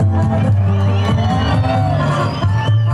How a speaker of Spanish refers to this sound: Y ese grito zapatista y los compañeros que nos visitan.